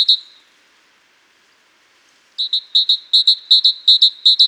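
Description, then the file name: Great tit singing: a brief note, a quiet gap, then a steady run of paired whistled notes repeated several times a second until the end. "Parus major"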